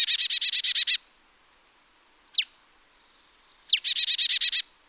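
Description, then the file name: Marsh tit calls: a fast buzzy series of several notes, then sharp hooked, down-slurred whistled notes in two bursts, ending with another buzzy run. "Poecile palustris"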